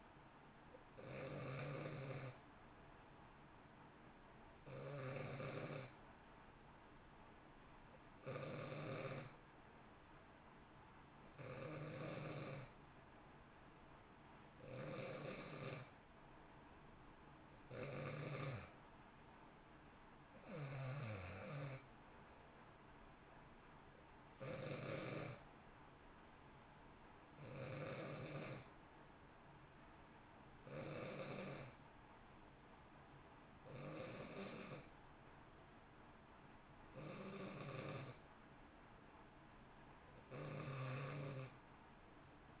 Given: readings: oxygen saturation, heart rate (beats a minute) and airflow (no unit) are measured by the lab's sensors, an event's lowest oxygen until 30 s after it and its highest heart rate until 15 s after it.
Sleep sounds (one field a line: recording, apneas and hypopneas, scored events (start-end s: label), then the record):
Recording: breathing in sleep by a voice recorder at the bedside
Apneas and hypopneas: none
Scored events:
none scored
From the record:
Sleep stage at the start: N2 (light sleep)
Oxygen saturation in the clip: 90 to 91%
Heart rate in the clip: 56 to 63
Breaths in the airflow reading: 13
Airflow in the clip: -1.0 to 1.4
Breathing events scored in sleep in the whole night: 328 in 6.3 hours asleep